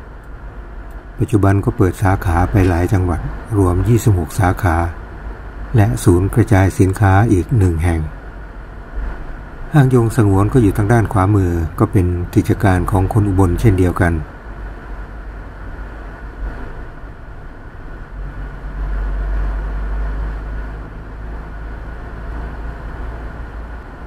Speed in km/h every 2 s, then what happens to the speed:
40, 42, 40, 35, 32, 35, 38, 36, 36, 37, 42, 43.
3-9 slows to 32. 9-24 speeds up to 43.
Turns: none.